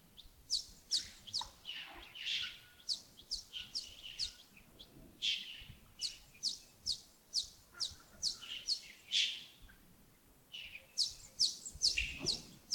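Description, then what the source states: Bird chirps in a long run of short high notes, with a further burst near the end. Birds recorded in early morning at Yagongding (亚公顶), 28 December 2025, about 07:40.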